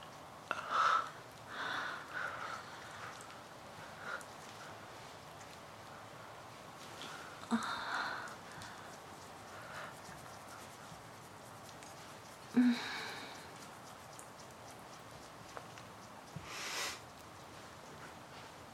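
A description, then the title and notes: Deep breaths and low moans come in soft, irregular bursts, with sharper exhales near 1, 8 and 13 seconds over a faint steady hiss. These lovers indulge in some valuable couple’s communication; conversing through the closeness of their bodies and the language of deep breaths and moans.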